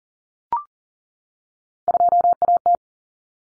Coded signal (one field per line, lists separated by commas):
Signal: Morse code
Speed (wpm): 40 wpm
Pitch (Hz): 700 Hz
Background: none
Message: 2AT